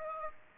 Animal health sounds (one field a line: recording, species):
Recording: mosquito wingbeat signal from an infrared sensor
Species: Aedes aegypti